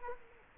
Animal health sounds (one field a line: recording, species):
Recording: mosquito wingbeat signal from an infrared sensor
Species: Culex quinquefasciatus